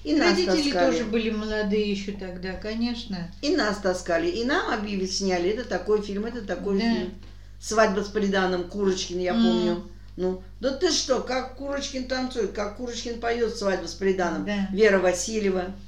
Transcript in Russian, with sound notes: И родители тоже были молодые еще тогда, конечно.
И нас таскали, и нам объясняли это такой фильм, это такой. [Респондентка 2 поддакивает] "Свадьба с приданым". Курочкин, я помню. Ну да, ты что? Как Курочкин танцует, как Курочкин поет в "Свадьба с приданым", Вера Васильева…